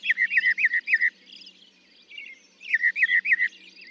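Northern mockingbird song, two bursts of rapid repeated slurred whistles, each about a second long, with a quiet gap between and faint birds behind.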